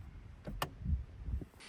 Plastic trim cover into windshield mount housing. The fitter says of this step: But you just kind of want to line those up and then just push it in, and you should again hear it click in place.